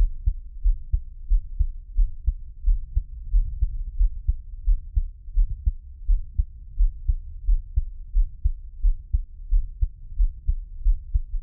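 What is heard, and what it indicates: An ASMR heartbeat: soft, deep thumps repeat steadily at about 88 beats per minute, heard close to the body in a quiet room with no talking. It is an ordinary adult heartbeat with a regular rhythm.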